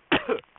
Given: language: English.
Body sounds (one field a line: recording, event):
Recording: throat vibration sensor signal played as sound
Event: cough